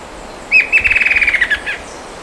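Bird call: a single sharp opening note, then a rapid rattling trill of about a dozen pulses sliding slightly downward, ending with a short note, against quiet background.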